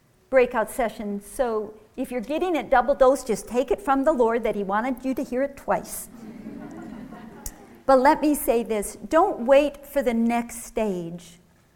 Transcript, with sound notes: breakout session, so if you're getting it double-dosed, just take it from that Lord that He wanted you to hear it twice. [laughter] But let me say this, don't wait for "the next stage"